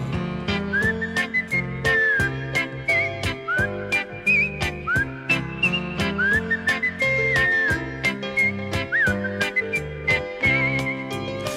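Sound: whistling a melody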